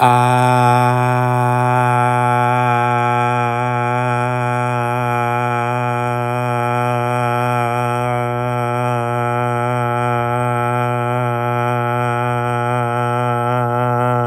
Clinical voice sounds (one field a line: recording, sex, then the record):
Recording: sustained vowel /a/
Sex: male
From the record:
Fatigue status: fatigue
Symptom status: asymptomatic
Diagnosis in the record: COVID-19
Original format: m4a